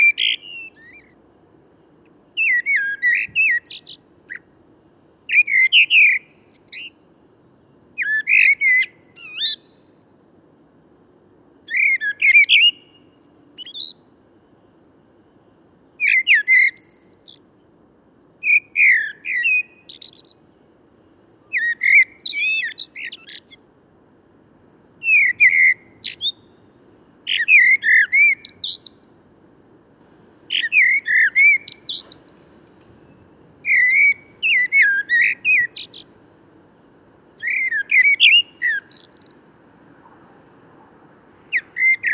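A blackbird and a song thrush sing in short, bright phrases about every two seconds, each burst mixing clear whistled notes with high twittering tails. The phrases come at a steady, regular pace with brief silences between them, over a faint, steady low hum.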